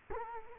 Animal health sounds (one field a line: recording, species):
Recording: mosquito wingbeat signal from an infrared sensor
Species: Culex quinquefasciatus